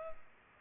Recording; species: mosquito wingbeat signal from an infrared sensor; Culex pipiens